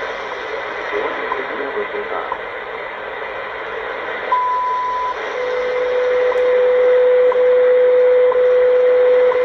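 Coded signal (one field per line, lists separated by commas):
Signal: radio time signal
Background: speech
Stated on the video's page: WWV time signal on 25 MHz shortwave, received on an ATS-25 DSP receiver with an MLA 30 loop antenna.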